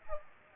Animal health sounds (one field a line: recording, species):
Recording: mosquito wingbeat signal from an infrared sensor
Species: Aedes aegypti